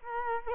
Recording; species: mosquito wingbeat signal from an infrared sensor; Culex quinquefasciatus